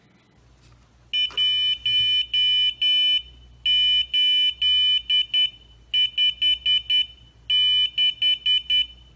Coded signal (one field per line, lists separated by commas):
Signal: Morse code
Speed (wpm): 10 wpm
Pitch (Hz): 3000 Hz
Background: none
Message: 1856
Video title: Ham Nation - Show Us Your Projects #3